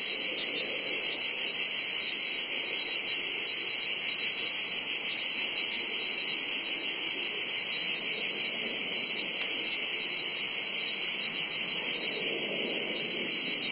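Cicadas in a loud, sustained, high-pitched chorus.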